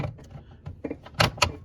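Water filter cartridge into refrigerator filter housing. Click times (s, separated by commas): 1.2 s, 1.4 s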